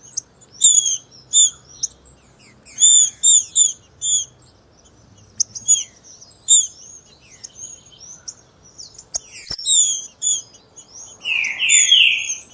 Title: FÊ MEA DE TRINCA FERRO MACHEANDO. TRINCA FERRO CHIQUINHA NA TEMPORADA